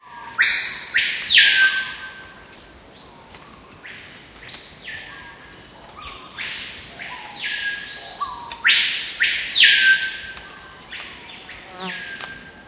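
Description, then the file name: Screaming piha song: piercing arched whistles in bursts every few seconds, with softer whistles between and a constant high insect hum behind. "Lipaugus vociferans singing and whistling"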